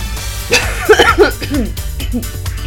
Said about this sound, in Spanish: Ay, me dio la tos.